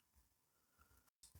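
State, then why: Not seated. A coil for a Vaporesso Gen Air 40 pod is handled and lined up with its circle part facing up and its flat parts facing sideways, ready to be pushed into the pod. Soft, low handling rubs and light taps are heard, with a brief near-silent gap around 1.1 to 1.2 seconds before louder handling noise returns at the end. Nothing has seated or clicked yet.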